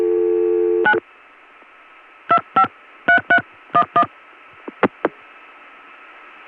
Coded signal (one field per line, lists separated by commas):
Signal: DTMF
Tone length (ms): 80 ms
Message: 9 253311